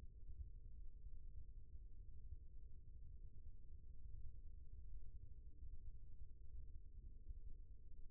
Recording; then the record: forearm muscle sounds (acoustic myography)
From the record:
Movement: rest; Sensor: system 1, eight BSWA MPA416 microphones around the upper forearm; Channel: 1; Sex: male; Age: 18 years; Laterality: right